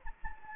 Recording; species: mosquito wingbeat signal from an infrared sensor; Anopheles gambiae